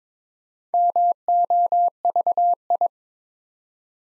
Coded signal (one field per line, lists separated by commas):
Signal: Morse code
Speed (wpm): 22 wpm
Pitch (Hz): 700 Hz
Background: none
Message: MOVI